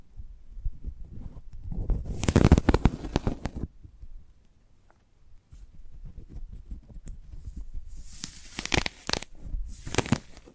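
A sprouted coconut is handled in two bursts of dense, crackling scratches and tearing, from about 2 to 4 seconds and again from 8 to 10 seconds. Between them, softer low rubbing and bumps continue, with a near-silent pause around 4 to 5 seconds.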